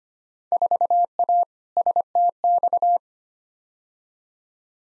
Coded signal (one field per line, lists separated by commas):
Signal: Morse code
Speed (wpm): 25 wpm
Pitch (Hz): 700 Hz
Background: none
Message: 4A STX